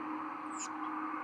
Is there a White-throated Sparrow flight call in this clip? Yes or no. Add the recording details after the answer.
no. No flight call is heard. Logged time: 11:19 on 31 October 2014